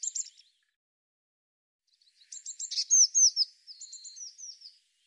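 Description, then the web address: Bird chirping: a brief high burst at the start, then after a pause a longer phrase of rapid chirps and falling slurred notes. "cianscape birddata Deverinetal 2025 File cleaned normalized Bird Cy Ca"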